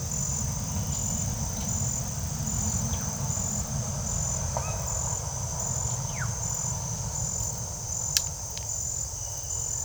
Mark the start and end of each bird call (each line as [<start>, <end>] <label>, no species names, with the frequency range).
[0.79, 1.86] bird call (2.2-5.8 kHz)
[2.67, 3.32] bird call (0.5-4.8 kHz)
[4.44, 4.86] bird call (0.4-3.3 kHz)
[5.98, 6.34] bird call (0.6-3.9 kHz)